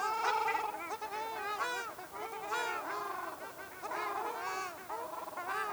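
Ruddy shelduck honking, dense overlapping nasal notes from several birds, arched and slightly rising then falling, calling without pause.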